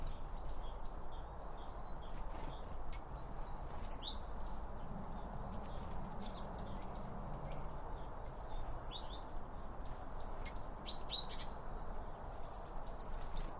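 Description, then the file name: Birds chirping: many quick, downward-sliding high chirps repeated in a busy stream throughout, over a constant low background rumble. Birds around a bird feeder; recorded with two Line Audio OM 1 microphones. "Birds Around Birdfeeding With Two Om 1 From Line Audio"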